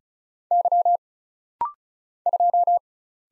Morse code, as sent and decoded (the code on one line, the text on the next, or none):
-.-- / ..---
Y 2